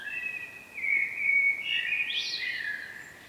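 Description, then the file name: Common blackbird calling with a level whistled warble that swells midway into a brief higher flourish before trailing off. "Turdus merula"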